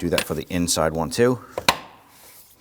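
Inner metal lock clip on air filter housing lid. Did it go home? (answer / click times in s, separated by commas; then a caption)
yes / 1.7 s. Someone talks while the inner metal lock tab on the air filter housing lid of a 2013-2019 Ford Police Interceptor Utility 3.7L V6 is pushed on. A sharp snap is heard at 1.7 s as the tab seats and the lid clip locks shut.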